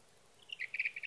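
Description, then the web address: Sage thrasher song: a short phrase of high warbled notes, then a string of rapid repeated chirps. "birdsongforthecurious Sage Thrasher"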